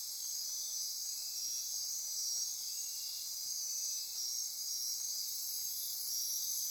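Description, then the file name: Insect chorus, steady shrill shimmering trills from many callers layered together. Insect chorus recorded at midnight near Corcovado. "Wind-is-the-Original-Radio-Fridays 20240628 Andy-Martin Midnight-Insect-Chorus-Near-Corcovado"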